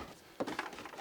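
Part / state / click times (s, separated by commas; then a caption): portable air conditioner unit onto its slot-in extra battery pack / not seated / none. A portable air-conditioner unit is handled over its add-on battery pack, a plastic-cased module that slots in underneath it. After a quiet stretch, two short, sharp knocks land at about 0.4 and 0.6 seconds, followed by lighter shuffling. Nothing has seated or clicked into place yet.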